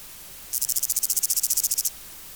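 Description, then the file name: Bolivar's grasshopper song, a high, dry buzzy phrase of many rapid pulses lasting under a second and a half, then quiet. "Omocestus bolivari"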